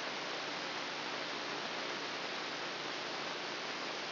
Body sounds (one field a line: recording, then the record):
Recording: brain microelectrode recording played as sound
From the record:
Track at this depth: inside the subthalamic nucleus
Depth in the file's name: 2.709 mm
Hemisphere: left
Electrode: 2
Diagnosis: Parkinson's disease